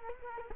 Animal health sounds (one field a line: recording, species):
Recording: mosquito wingbeat signal from an infrared sensor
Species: Culex quinquefasciatus